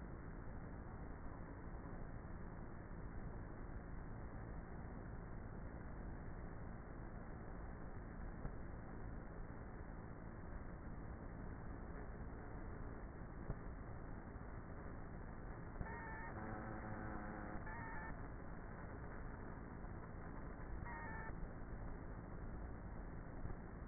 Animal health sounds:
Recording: honeybee colony, microphone inside the hive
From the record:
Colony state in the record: queenless with a low population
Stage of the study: before two queens were removed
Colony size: about 30,000 bees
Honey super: no

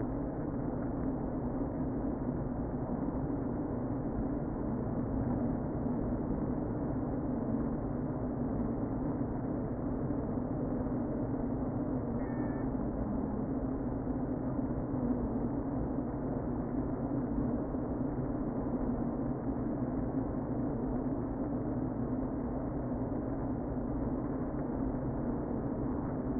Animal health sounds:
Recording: honeybee colony, microphone inside the hive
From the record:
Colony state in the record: queen present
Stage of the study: before two queens were removed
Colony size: about 60,000 bees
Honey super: yes

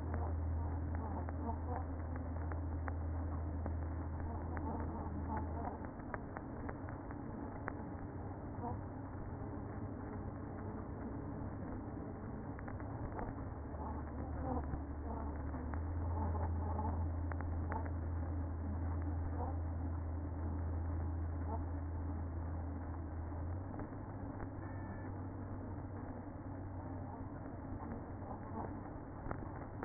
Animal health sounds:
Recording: honeybee colony, microphone inside the hive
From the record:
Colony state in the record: queen present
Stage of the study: after two queens were removed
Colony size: about 60,000 bees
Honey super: yes

